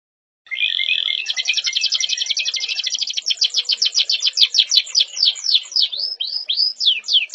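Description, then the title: Canary song opening with a steady buzzy note, then a fast rattling trill that slows into separate downslurred and V-shaped whistles. Song style called kalitan, gaya gela gelo. "KENARI KALITAN GAYA GELA GELO"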